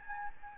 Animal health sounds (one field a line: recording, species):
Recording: mosquito wingbeat signal from an infrared sensor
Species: Aedes albopictus